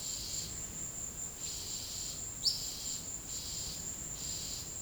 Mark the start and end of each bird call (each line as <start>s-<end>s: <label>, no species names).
2.31s-2.59s: bird call